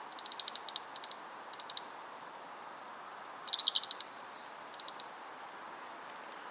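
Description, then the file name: European robin ticking in fast clicking bursts, several clustered runs of hard high ticks followed by softer, scattered chips. "Erithacus rubecula"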